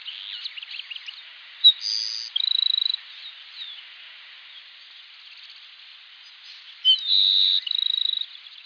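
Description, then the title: Grassland sparrow song given twice about five seconds apart, each a sharp note, a thin drawn-out buzz, and a rapid rattling trill. "LuckyPassaro Completos2Sama. Grassland Sparrow (Ammodramus humeralis)"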